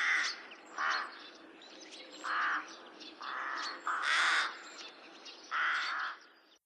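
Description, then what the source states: Rook caws, hoarse and rasping, six calls with irregular pauses between them. Rookery, a breeding colony in the UK.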